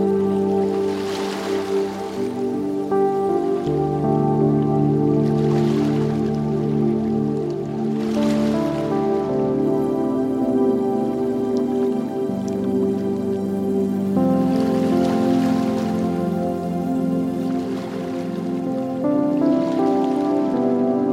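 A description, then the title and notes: Slow, calming music of sustained low chords that shift every few seconds plays steadily throughout. Soft washes of ocean waves swell and fade underneath about every three to five seconds, hissy, while the overall level stays even. Soothing sounds of the ocean waves crashing against the shore, combined with calming and deeply relaxing music. With gentle melodies, soft instrumentation, and ambient tones.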